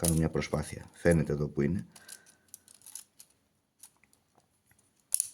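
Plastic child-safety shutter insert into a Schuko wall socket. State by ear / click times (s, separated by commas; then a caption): seated / 5.1 s, 5.2 s. Someone talks while working on a Schuko wall socket that is being repaired for being too tight, then, after trying to fit it, presses the plastic child-safety shutter insert back into the socket. A few faint small ticks follow the talk, and near the end a sharp, loud double click at 5.1 and 5.2 seconds marks the shutter insert snapping back into place, seated.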